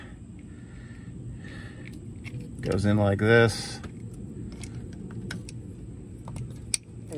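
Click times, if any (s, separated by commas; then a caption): 6.7 s. Someone pushes a plastic wire harness connector into the trailer light converter module of a CURT 56365 trailer light kit on a Honda Ridgeline. After someone talks, faint small rattles and clicks follow, and then one sharp snap at 6.7 s. The connector is seated with a positive click.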